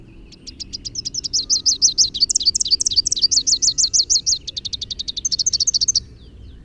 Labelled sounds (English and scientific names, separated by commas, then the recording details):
Rufous-capped Warbler (Basileuterus rufifrons) song
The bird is a male
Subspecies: rufifrons
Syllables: 54
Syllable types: 10
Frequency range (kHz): 2.8-8.1 kHz
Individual MO-SOG-M